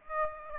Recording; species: mosquito wingbeat signal from an infrared sensor; Aedes aegypti